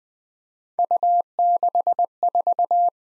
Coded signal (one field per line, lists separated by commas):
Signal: Morse code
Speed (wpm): 20 wpm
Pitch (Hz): 700 Hz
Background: none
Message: U64